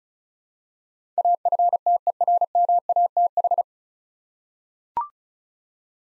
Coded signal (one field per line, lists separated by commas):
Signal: Morse code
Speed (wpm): 36 wpm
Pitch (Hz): 700 Hz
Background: none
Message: AFTERMATH